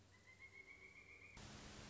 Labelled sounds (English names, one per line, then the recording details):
Pileated Woodpecker
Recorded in Sonoma County, California